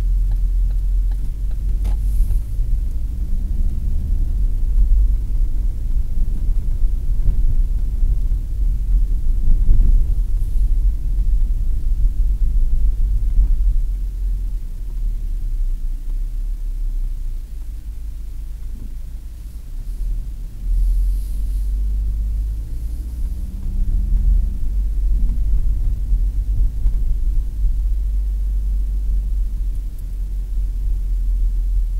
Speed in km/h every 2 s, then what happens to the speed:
19, 26, 29, 38, 41, 37, 34, 26, 18, 13, 18, 27, 35, 36, 34, 31.
0-7 speeds up to 41. 7-17 slows to 13. 19-24 speeds up to 35. 24-32 steady at about 34.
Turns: none.